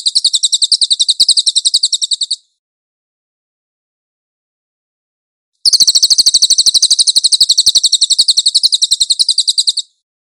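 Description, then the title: Cililin song: a high, rapid buzzy trill of fast-repeated notes lasting about two seconds, a pause of three seconds, then a longer four-second trill; no other sounds. "SUARA BURUNG CILILIN"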